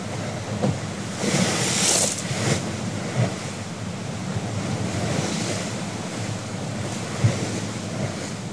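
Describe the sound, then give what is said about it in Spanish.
Ocean waves wash and churn steadily on the open sea, a broad rushing noise with gusts of wind buffeting the microphone and a few sharper splashes breaking through. “Estamos en pleno alta mar, no sabíamos dónde estábamos.”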